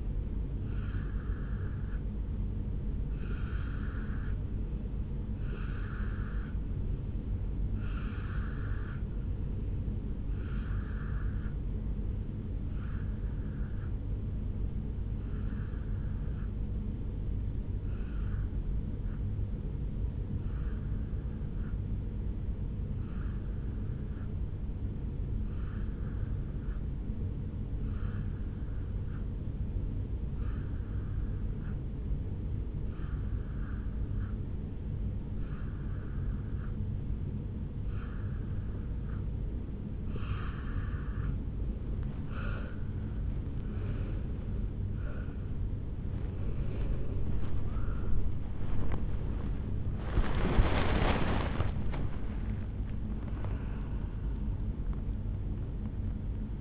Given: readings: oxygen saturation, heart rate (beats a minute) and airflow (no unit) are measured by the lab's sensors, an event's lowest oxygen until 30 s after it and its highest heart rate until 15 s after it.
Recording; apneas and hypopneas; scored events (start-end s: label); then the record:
breathing in sleep by a smartphone at the bedside; 1
22.00-42.50 s: hypopnea (N2, oxygen 90% highest, then 87% lowest, heart rate 68 at the start, 79 highest)
From the record:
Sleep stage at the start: N2 (light sleep); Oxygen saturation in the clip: 87 to 92%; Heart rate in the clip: 67 to 79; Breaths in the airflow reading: 21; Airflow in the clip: -10.7 to 9.4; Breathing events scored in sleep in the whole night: 449 in 7.0 hours asleep